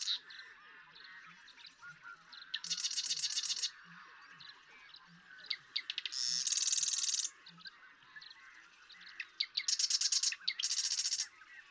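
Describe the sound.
Marsh Wren songs: several dry, gurgling rattles a couple of seconds apart, over soft low pulsing sounds.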